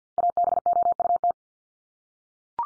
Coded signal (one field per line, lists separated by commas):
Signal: Morse code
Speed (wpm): 50 wpm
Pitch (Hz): 700 Hz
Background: none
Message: ABOUT